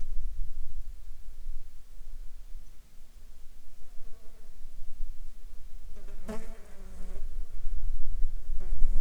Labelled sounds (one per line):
insects